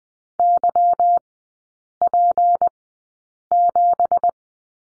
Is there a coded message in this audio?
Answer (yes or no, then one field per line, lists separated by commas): yes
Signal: Morse code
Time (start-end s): 0.4-4.3 s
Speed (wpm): 20 wpm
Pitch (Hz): 700 Hz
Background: none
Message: YP7